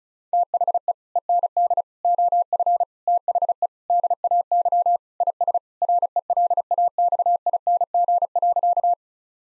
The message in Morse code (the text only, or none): THE END OF THE DAY IS RELAXING.